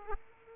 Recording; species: mosquito wingbeat signal from an infrared sensor; Aedes aegypti